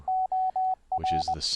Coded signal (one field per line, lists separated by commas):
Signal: Morse code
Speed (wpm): 21 wpm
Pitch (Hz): 750 Hz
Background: speech, radio noise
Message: OR